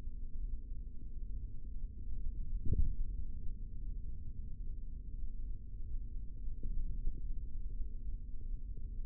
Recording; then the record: forearm muscle sounds (acoustic myography)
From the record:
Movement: tripod grip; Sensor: system 3, bracelet of six PUI Audio POM-2738L microphones around the upper forearm, with dedicated amplification and filtering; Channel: 3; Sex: male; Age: 25 years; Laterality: right